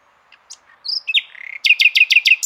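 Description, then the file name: Common nightingale song: short scattered notes, a drawn-out whistle, then a quick series of sharp repeated chirps. "Luscinia megarhynchos"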